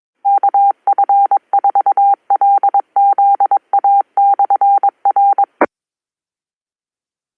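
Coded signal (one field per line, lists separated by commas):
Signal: Morse code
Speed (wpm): 22 wpm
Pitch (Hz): 800 Hz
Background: none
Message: KF4LZA/R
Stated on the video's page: Amateur radio club net, live.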